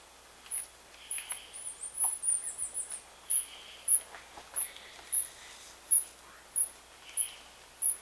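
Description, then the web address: Bird gives a fast, high twittering trill, followed by a long series of evenly spaced sharp chirps. "BIRD 2015 SABIOD"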